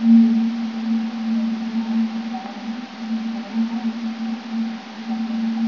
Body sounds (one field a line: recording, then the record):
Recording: brain microelectrode recording played as sound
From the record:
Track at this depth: inside the subthalamic nucleus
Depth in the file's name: 2.149 mm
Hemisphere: right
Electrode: 3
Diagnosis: Parkinson's disease